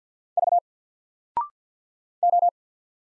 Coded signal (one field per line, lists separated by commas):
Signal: Morse code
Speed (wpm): 48 wpm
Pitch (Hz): 700 Hz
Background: none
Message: V O